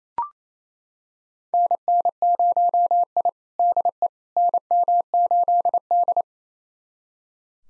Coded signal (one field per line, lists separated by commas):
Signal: Morse code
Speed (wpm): 28 wpm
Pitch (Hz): 700 Hz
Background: none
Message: NN0I DE NM8D